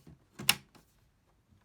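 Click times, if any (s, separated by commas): 0.5 s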